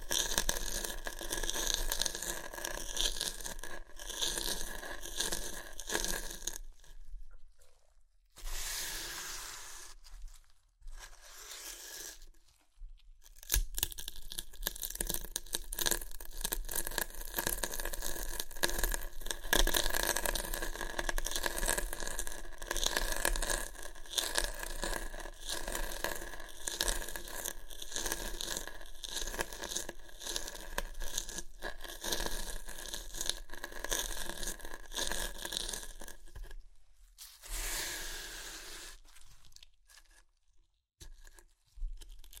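Crunchy chips being crushed and eaten, a dense, steady run of crackling and rustling with bright crisp detail. Short silent gaps break it near 7 to 13 seconds and again around 37 and 41 seconds, then the crunching resumes.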